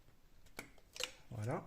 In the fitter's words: Donc là, on remet et on appuie fermement jusqu'à tendre le petit clic.